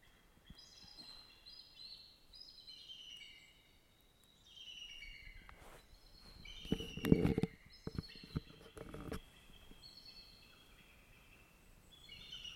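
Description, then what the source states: Eagle calls: thin, high piping notes in short chattering series, repeated several times, with brief noisy rustling midway. Heard during a forest walk among big old trees.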